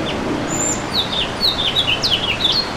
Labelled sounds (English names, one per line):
House Finch song